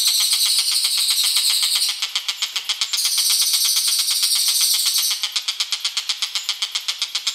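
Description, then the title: Bird song: rapid chirps repeated about four times a second, overlaid by loud high buzzy trills that start and stop abruptly. "SUARA BURUNG"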